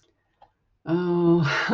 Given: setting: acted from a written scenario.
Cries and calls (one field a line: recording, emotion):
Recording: vocal sound without words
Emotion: serenity